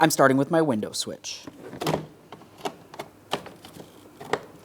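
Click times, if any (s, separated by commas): 4.3 s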